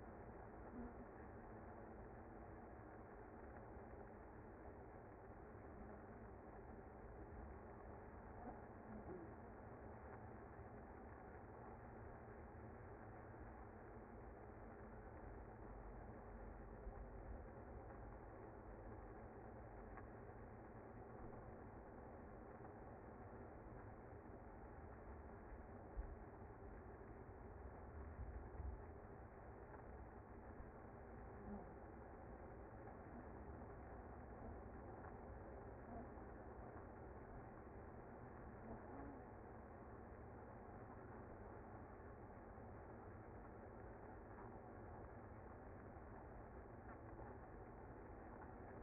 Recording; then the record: honeybee colony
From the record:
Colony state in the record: active